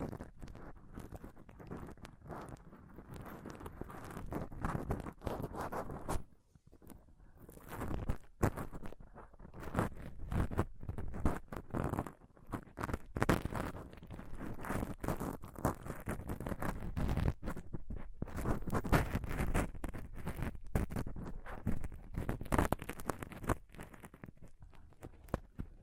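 Close-up microphone scratching and touching, a dense, restless stream of rough scrapes and rubbing bursts that runs nearly without pause. The sound is heavy and low, with brighter crackly edges. A brief near-silent gap comes at about six seconds before the scratching resumes.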